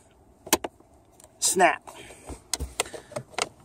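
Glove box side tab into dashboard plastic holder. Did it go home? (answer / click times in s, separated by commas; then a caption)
yes / 2.5 s. The right-side tab of the glove box on a 2017 Hyundai Tucson, during a cabin air filter replacement, is slipped under the small plastic holder on the dashboard and pushed until it snaps in at 2.5 s. Someone talks, and other sharp clicks and taps are heard around 0.5, 0.7, 2.8 and 3.4 s. The tab is seated under the plastic holder.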